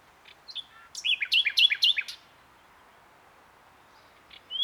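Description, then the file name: Common nightingale song, a short burst of rich repeated notes, followed by quiet and a rising whistle at the end. "Luscinia megarhynchos"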